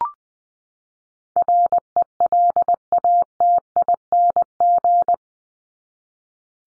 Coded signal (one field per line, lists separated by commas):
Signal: Morse code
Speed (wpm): 20 wpm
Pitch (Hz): 700 Hz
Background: none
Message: RELATING